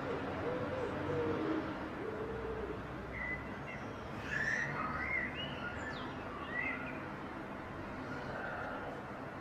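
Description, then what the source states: Common blackbird singing: several fluty whistled phrases and lower warbled notes, with constant background noise. Perched bird singing.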